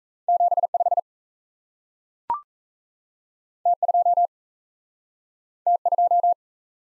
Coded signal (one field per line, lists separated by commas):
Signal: Morse code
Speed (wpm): 37 wpm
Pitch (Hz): 700 Hz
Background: none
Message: 7 5 T 2 T 2